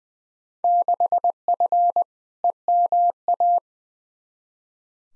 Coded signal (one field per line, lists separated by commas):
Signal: Morse code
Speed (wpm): 20 wpm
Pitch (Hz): 700 Hz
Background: none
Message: 6F EMA